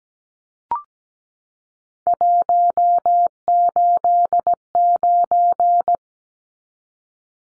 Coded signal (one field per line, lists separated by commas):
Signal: Morse code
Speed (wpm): 17 wpm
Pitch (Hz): 700 Hz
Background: none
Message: 189